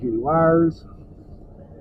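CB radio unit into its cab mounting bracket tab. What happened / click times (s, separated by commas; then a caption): Handling only; no seating click is heard / none. A CB radio unit is handled toward its dash or overhead mounting bracket tab in a Kenworth truck cab, where it will slide in and lock. Someone talks for about the first 0.7 seconds, then only a low, steady background rumble remains. Nothing has seated or clicked yet.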